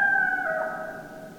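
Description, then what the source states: Coyote howl tail: a sustained tone that drops slightly in pitch midway, then holds steady while slowly fading, over light background hiss. Several coyotes recorded on 2012-12-10.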